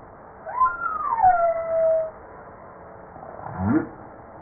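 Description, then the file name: Humpback whale song: a high swooping whistle-like cry gliding downward, then a brief low rising grunt after a pause. Recorded 5 March 1994. "Baleine a bosse 940305"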